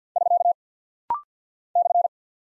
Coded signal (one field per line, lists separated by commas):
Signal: Morse code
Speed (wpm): 50 wpm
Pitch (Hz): 700 Hz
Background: none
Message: <SK> /